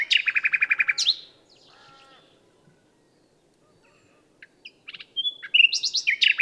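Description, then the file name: Common nightingale: a quick repeated rattle and rising sweep, soft descending whistles, a silent gap, then sharp ticking notes and piercing high phrases. "Luscinia megarhynchos"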